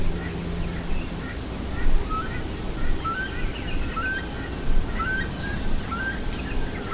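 Bird calls: brief upslurred notes, roughly one per second, with a few faint higher chirps and steady low rumble behind.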